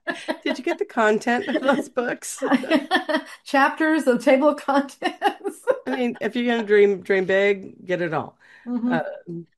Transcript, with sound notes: Did you get the content of those books?
Chapters, the table of contents. (laughs)
I mean, if you're gonna dream, dream big, get it all.